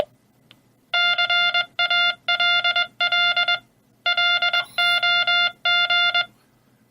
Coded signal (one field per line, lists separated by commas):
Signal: Morse code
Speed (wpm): 21 wpm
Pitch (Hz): 2100 Hz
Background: none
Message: CALL LOG